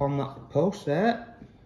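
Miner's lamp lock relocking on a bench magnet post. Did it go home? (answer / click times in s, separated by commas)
no / none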